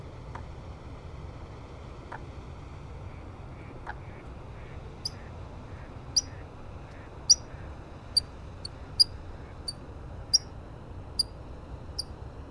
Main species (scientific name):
Fulica atra